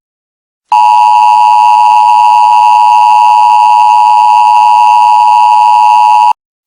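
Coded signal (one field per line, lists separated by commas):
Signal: Emergency Alert System (SAME) tones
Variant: 853 and 960 Hz attention tone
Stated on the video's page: Mock EAS required monthly test; simulated alert tones.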